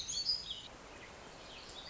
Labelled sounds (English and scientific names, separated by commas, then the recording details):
Black-throated Gray Warbler (Setophaga nigrescens)
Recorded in Sonoma County, California